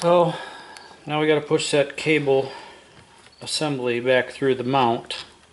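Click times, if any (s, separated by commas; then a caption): none. Someone talks while getting ready to push a Minn Kota trolling motor steering cable assembly back through its mount. Only speech is heard, with no sharp handling sounds. The cable assembly has not seated or clicked into the mount yet.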